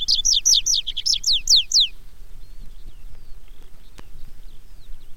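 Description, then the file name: Tree pipit phrase of fast descending slurred notes lasting two seconds, followed by quiet with faint bird notes and a single click. "baumpieper"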